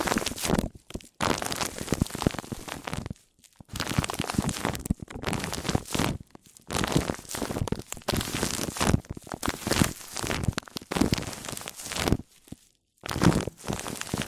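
Mic-on-mic triggers: dense scratchy rubbing and crinkling in long bursts, broken by brief silent gaps near 1, 3, 6 and 13 seconds.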